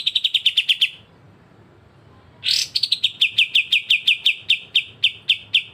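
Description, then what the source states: Streaked spiderhunter song: rapid series of sharp high chips, then a pause, then a harsh opening note followed by another fast, steady chipping run. Bird recorded singing in full, clear, long bouts (gacor); intended as a training recording (masteran) for birds.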